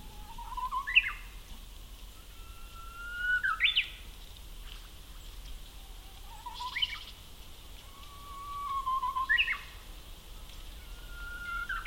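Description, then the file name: Japanese bush warbler singing: a long steady whistle followed by a quick rising-falling flourish, repeated several times, with a faint steady background hiss. Recorded at Akasaka on 2 April 2022. "uguisu 20220402 akasaka"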